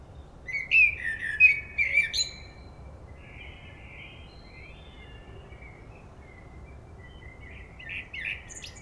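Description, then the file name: Common blackbird giving a loud warbled whistle phrase topped with a squeaky twitter, followed by several quieter, softer warbling phrases spread through the rest. "Turdus merula"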